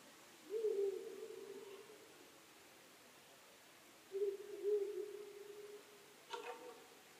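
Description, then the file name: Owl giving two low, drawn-out hoot phrases a few seconds apart, followed near the end by a brief sharp click and a short extra hoot, faint background hiss. Owl (fukurou) recorded 23 May 2010 at 00:59. "fukurou 20100523 0059"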